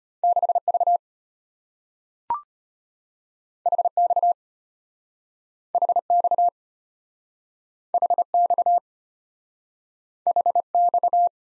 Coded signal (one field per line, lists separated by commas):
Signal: Morse code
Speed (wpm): 34 wpm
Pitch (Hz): 700 Hz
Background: none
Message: 6V HX HX HX HX